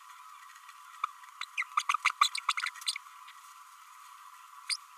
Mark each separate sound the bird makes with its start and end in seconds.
1.03-1.06, 1.43-1.45, 1.57-1.63, 1.77-1.83, 1.89-1.93, 2.05-2.10, 2.21-2.29, 2.48-2.53, 2.87-2.92, 4.69-4.76